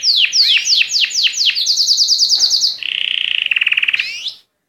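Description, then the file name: Canary song: quick falling whistled notes, then a steady buzzy trill, a lower rattling roll and a final rising sweep. Song of a Llarguet breed canary. "canto do canario Llarguet"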